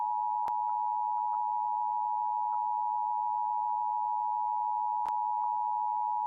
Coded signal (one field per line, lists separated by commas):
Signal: Emergency Alert System (SAME) tones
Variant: 853 and 960 Hz attention tone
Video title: EAS Severe T’storm Warning #13 3/15/25 (Credit Goes To @SouthernPennsylvaniaWX & @KanawhaCountyWX)